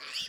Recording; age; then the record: pig call; piglet (1 to 25 days)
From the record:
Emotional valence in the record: positive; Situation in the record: reunion after long isolation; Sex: female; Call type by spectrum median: high-frequency call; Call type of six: mixed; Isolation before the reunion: 8 minutes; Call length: 0.29 s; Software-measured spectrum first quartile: 2863 Hz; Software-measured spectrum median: 3751 Hz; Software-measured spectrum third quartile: 5044 Hz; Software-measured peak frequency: 4616 Hz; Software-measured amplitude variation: 88 dB a second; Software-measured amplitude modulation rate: 22.6 a second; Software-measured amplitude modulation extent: 3.9 dB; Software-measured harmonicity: 0.4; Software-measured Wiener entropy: -1.57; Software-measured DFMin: 868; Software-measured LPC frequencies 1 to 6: 2918, 3350, 4621, 5083, 6890, 7963 Hz